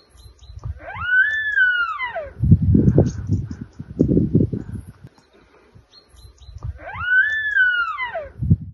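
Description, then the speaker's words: Deer stag calling: two high squealing calls that rise then fall, like a creaking door, about six seconds apart, with low rumbling noises in between. Recording sent in by a listener with a video of her slowly zooming in on a stag; hosts compare the bellow to a squeaking door. "Oh, that was a bellow of a stag, was it? Yes."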